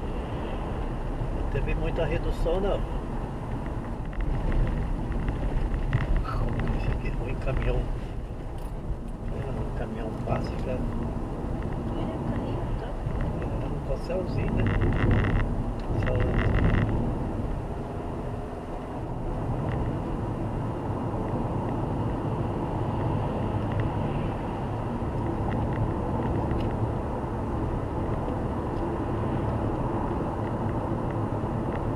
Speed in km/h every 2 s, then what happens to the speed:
68, 64, 58, 56, 57, 59, 59, 60, 64, 68, 72, 74, 78, 80, 80, 81.
0-5 slows to 56. 5-10 steady at about 57. 10-24 speeds up to 78. 24-32 steady at about 80.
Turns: none.